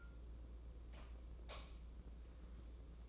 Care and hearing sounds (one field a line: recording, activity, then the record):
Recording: daily activity, microphone in the room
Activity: light off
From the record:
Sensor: 1